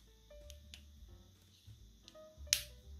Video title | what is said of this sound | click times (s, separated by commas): Non Hot Swappable Mechanical Keyboard Switch Replacement | there we go snapped into place | 2.5 s